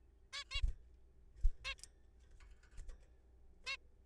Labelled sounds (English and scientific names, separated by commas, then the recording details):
Zebra Finch (Taeniopygia guttata)
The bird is a juvenile
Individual R3428